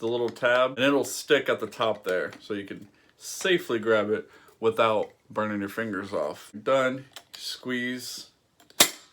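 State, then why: Seated. Someone talks while handling a camp cook pot, then squeezes its folding metal lock handle and folds it back up over the lid. It snaps into its stowed position with one sharp, loud click at 8.8 s, and the handle is seated closed.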